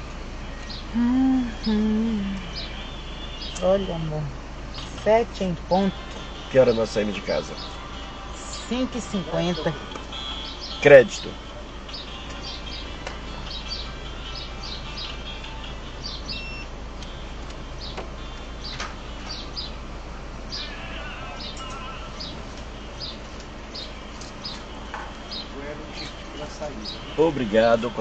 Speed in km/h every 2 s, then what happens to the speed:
0, 0, 0, 0, 0, 0, 0, 0, 0, 0, 0, 0, 0, 0.
0-28 standing.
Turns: none.